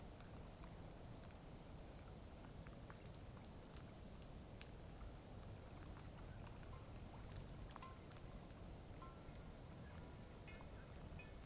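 A cloudy night beside Taylor Lake in the Russian Wilderness, Klamath National Forest. A steady low rumble and soft hiss hold an even level throughout, dotted with faint scattered ticks and taps. A few brief, thin whistling tones appear near the end.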